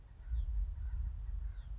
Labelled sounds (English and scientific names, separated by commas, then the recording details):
Common Raven (Corvus corax)
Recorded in Sonoma County, California